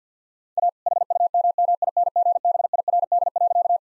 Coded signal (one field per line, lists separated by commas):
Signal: Morse code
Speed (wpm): 50 wpm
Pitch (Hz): 700 Hz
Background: none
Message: A HUMMINGBIRD.